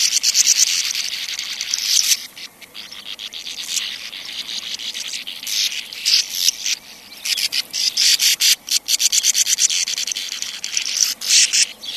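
Sand martin chatter, rough buzzy notes that come thick at first and then as rapid, choppy runs of short rasps.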